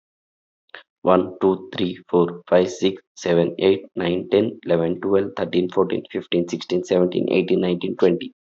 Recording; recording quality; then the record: counting at a fast pace; excellent, no background noise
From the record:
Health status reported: healthy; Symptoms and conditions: none ticked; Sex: male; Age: 29 years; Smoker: not ticked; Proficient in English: yes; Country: India